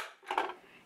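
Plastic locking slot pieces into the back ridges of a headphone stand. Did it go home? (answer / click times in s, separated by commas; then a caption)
yes / 0.3 s, 0.4 s. Small plastic slot pieces are pushed into the ridges on the back of a plastic headphone stand to hold it together. Two short, sharp clicks are heard at 0.3 s and 0.4 s as they seat, the second one louder. The pieces are seated in position.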